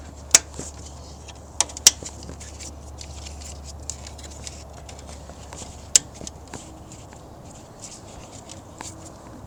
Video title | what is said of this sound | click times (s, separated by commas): 2004-2016 Nissan Armada Starter replacement | should snap in place you can hear it and | 0.3 s, 1.9 s, 6.0 s